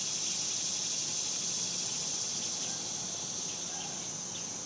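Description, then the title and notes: Cicadas giving a constant, bright electric buzz without pause, slightly fading toward the end, over a quiet low background hum. Several cicadas recorded outdoors in summer in a suburban area. "Ext Summer Cicadas, Suburbs by Bandeto"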